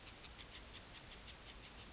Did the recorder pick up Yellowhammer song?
no